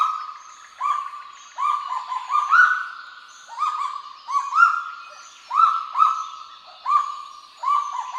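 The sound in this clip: Kagu producing a series of loud, flat, held tonal notes that begin sharply, some slightly higher in pitch.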